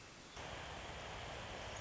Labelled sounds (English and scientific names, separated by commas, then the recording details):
Pacific Wren (Troglodytes pacificus)
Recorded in Sonoma County, California